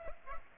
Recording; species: mosquito wingbeat signal from an infrared sensor; Culex pipiens